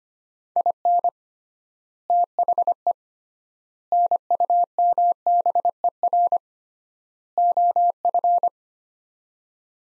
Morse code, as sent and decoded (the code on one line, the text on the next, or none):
.. -. / - .... . / -. ..- -- -... . .-. / --- ..-.
IN THE NUMBER OF